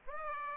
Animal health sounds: mosquito wingbeat signal from an infrared sensor; Aedes aegypti

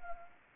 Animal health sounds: mosquito wingbeat signal from an infrared sensor; Anopheles arabiensis

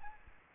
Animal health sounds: mosquito wingbeat signal from an infrared sensor; Aedes albopictus

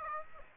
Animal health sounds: mosquito wingbeat signal from an infrared sensor; Aedes aegypti

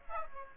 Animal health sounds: mosquito wingbeat signal from an infrared sensor; Aedes aegypti

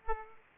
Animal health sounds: mosquito wingbeat signal from an infrared sensor; Aedes aegypti

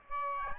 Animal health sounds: mosquito wingbeat signal from an infrared sensor; Aedes albopictus

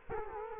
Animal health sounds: mosquito wingbeat signal from an infrared sensor; Culex quinquefasciatus

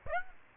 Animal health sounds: mosquito wingbeat signal from an infrared sensor; Aedes aegypti

